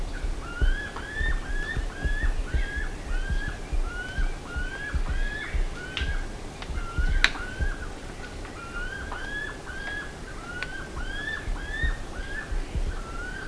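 Bird calls: a dense run of repeated hooked, whistled notes from several birds, steady throughout, with occasional clicks and a low rumble beneath.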